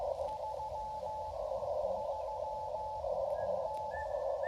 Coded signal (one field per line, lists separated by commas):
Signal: Morse code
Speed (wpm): 15 wpm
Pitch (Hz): 860 Hz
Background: radio noise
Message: 33N